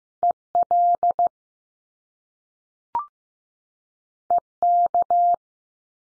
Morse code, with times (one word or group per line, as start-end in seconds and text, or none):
0.2-0.3 E
0.6-1.3 L
4.3-4.4 E
4.6-5.3 K